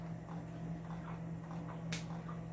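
A plastic frangible seal on a dialysis cartridge tubing line is bent both ways to break it open so fluid can run down the line, one of three seals that all need breaking. Over a steady low hum, a sharp click sounds at 1.9 s and a softer one at 2.3 s as the seal snaps open and is released.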